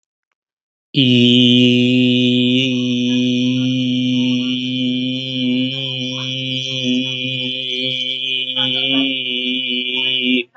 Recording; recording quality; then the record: sustained vowel as in beet; excellent, no background noise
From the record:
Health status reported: healthy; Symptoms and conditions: diabetes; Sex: male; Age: 40 years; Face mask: not worn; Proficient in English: yes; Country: India